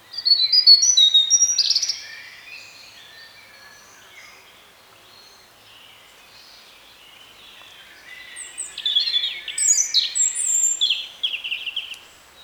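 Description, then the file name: European robin song: a rapid, high, tinkling warbled phrase, a long pause, then a second jumbled, sparkling phrase of thin whistles and trills. "Erithacus rubecula"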